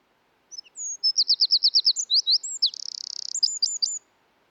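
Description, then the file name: Eurasian wren singing a high, energetic phrase of quick repeated notes and slurred whistles, a dry rattling trill, then several sharp notes to finish. "British Library - European Wren Troglodytes troglodytes"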